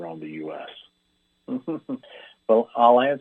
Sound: laughs

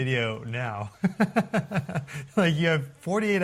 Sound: laughs

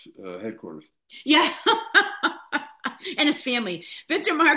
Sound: laughs

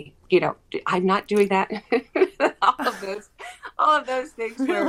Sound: laughs

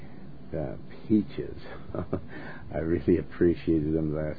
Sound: laughs

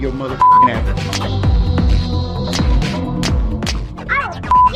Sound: slapping sounds

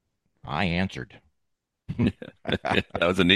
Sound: laughs

